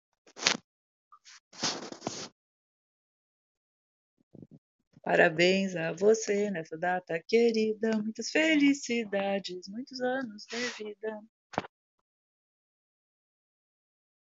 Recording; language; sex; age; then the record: short text; Brazilian Portuguese; female; 60 to 69 years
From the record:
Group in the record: control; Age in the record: 66 years